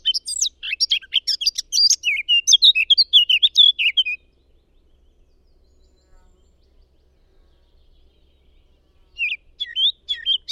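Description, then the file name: Eurasian blackcap song: a busy four-second outburst of scratchy and whistled notes, then a long quiet pause before another phrase begins at the end. "Sylvia atricapilla"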